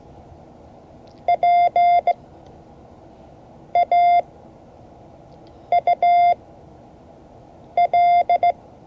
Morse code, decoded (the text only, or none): P A U L